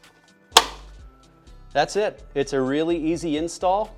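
The last plastic Team 1EV aero spoke insert cover is pressed into the spoke opening of a 20-inch alloy all-terrain wheel on a Rivian R1T/R1S. It gives one loud, sharp snap at 0.6 s as it seats home. Someone then talks.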